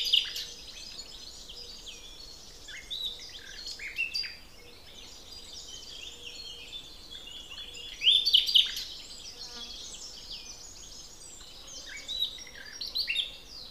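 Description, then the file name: Common nightingale giving sharp whistles near the start and a loud burst of rapid notes around eight seconds, with further phrases near the end over a busy bird chorus. "Luscinia megarhynchos"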